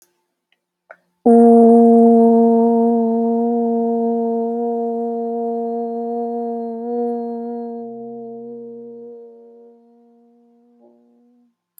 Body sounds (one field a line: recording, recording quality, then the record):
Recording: sustained vowel as in boot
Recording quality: excellent, no background noise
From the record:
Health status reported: healthy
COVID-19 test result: not tested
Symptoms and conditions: none ticked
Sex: female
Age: 30 years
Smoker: not ticked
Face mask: not worn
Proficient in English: yes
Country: United States